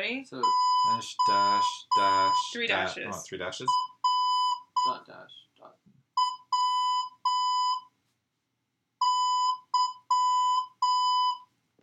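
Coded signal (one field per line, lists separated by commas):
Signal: Morse code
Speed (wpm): 7 wpm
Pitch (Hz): 1000 Hz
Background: speech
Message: ORWY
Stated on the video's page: Morse code in the Unlock! The Elite game adventure.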